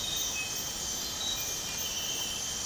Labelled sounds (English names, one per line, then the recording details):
none
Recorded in dense forest near Puerto Asís, Putumayo, Colombia, on 12 March 2025 at 05:00
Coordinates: 0.467, -76.328
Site G041